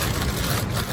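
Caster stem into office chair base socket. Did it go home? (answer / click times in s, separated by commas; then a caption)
no / none. A chair caster's metal stem is being handled and pushed toward a socket in a plastic office chair base. Only a steady, low rumbling hum is heard throughout, with no sharp transients. Nothing has seated or clicked yet.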